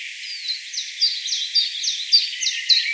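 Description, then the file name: Common chiffchaff singing a series of sharp, down-slurred notes in an uneven rhythm. "Phylloscopus collybita"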